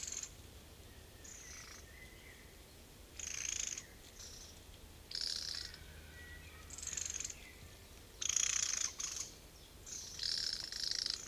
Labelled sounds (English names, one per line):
Mistle Thrush alarm call